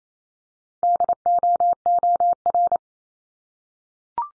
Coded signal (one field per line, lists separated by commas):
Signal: Morse code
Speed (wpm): 28 wpm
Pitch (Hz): 700 Hz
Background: none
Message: DOOR